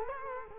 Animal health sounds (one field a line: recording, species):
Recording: mosquito wingbeat signal from an infrared sensor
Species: Culex quinquefasciatus